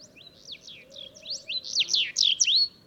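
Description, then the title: Sahara bunting song building from soft slurred notes into a loud, quick flourish of sweeping whistles, ending on a drawn-out tone. Several Sahara buntings singing unseen among heaps of stones in the ruins of old Wadan, Mauritania, just after sunrise on 23 February 2019; made with Tlp7 and Mixpre3. "Bruant du Sahara - Mauritanie"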